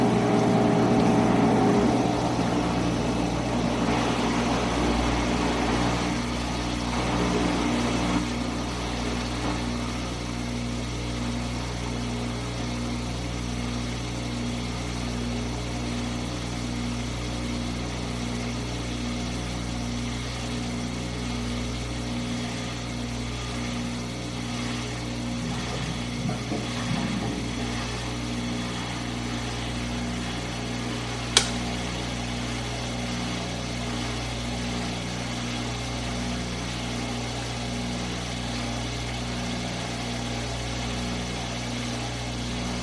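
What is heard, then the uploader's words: A dishwasher runs with a steady low hum and a faint pulsing drone that repeats in a regular pattern throughout. The first eight seconds carry louder splashing and rushing water, which then settles into the even motor sound, with a single sharp click around 31 seconds. Dishwasher.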